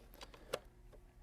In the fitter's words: Push it back in and it seats with a positive click.